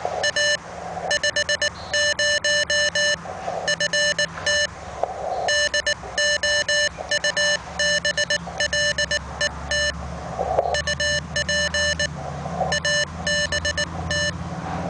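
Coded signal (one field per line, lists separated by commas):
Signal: Morse code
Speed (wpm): 19 wpm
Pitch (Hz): 1800 Hz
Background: none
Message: A 50 FT DOUBLET UP ABT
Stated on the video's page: QRP CW two-way contact, both stations at 5 watts; portable PFR-3A kit with 50 ft doublet antenna.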